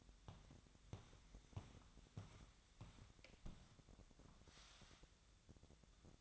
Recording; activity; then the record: daily activity, microphone in the room; walk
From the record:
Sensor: 3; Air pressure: 1012.2 hPa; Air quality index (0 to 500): 186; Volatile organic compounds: 3 ppm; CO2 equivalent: 1427 ppm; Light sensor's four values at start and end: 53/140/61/64 and 51/137/59/62